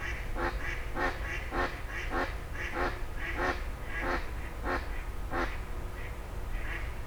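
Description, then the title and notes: Grey heron croaking calls repeated roughly every half second in harsh, broad squawks, with low traffic rumble in the background. Several grey herons exchanging calls at 04h00 in Fenouillet, France, as traffic gradually resumes. "44 Rue des Gourgues, 31150 Fenouillet, France - 04h00-Dialogue de Hérons cendrés. 04h00-Alors que la circulation reprend peu à peu, des hérons cendrés se font des politesses"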